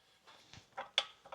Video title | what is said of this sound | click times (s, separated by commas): Installed a winch on my Mercedes Sprinter. | Mitte ist sie eingerastet. | 1.0 s